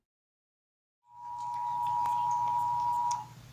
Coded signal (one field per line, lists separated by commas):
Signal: Emergency Alert System (SAME) tones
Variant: 853 and 960 Hz attention tone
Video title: EAS #520 - Required Weekly Test (TV)